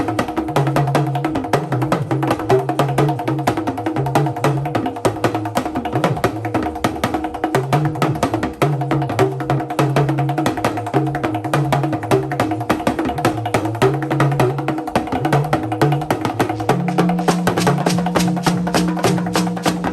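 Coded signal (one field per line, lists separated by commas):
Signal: talking drum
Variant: Yoruba dundun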